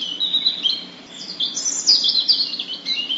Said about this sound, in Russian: И правда, как раз в эту самую минуту запела Зарянка свою песенку, короткую и простую. Малиновый свист переходил в звенящую трель, а потом будто обрывался.